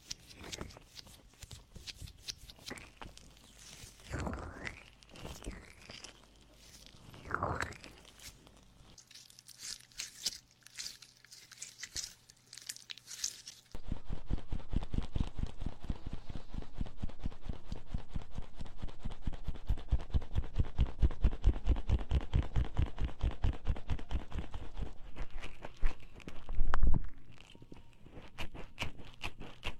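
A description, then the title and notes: Crackly ear-cleaning sounds: sparse scratchy swipes and pops at first, then from about fourteen seconds a dense, steady rapid crackling rub. Penetrating flow ear cleaning.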